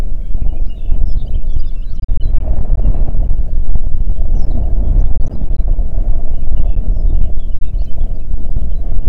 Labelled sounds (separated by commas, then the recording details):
songbird, wind
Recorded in the Prudhoe Bay oil fields, Alaska, on 8 June 2019 at 04:20
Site 30